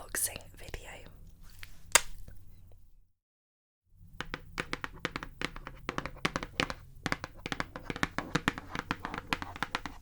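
Tapping and handling sounds, with a sharp crinkle near two seconds. After about a second of silence around the three-second mark, dense, quick taps resume and continue steadily to the end, crisp and bright over a faint low hum.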